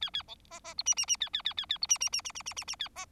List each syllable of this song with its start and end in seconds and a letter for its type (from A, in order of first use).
0.01-0.10 A, 0.13-0.23 A, 0.28-0.35 B, 0.51-0.60 C, 0.64-0.74 C, 0.78-0.83 D, 0.86-0.94 E, 0.96-1.06 E, 1.07-1.16 E, 1.20-1.29 A, 1.33-1.42 A, 1.45-1.54 A, 1.57-1.66 A, 1.69-1.78 A, 1.81-1.87 D, 1.89-1.98 E, 2.00-2.09 E, 2.12-2.21 E, 2.24-2.32 E, 2.35-2.42 E, 2.46-2.54 E, 2.56-2.64 E, 2.67-2.76 E, 2.79-2.88 A, 2.95-3.05 C